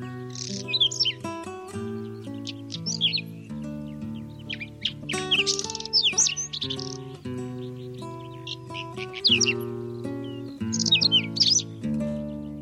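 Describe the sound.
Whinchat song: short scratchy warbled phrases with high whistled notes, given in several bursts over sustained instrumental music.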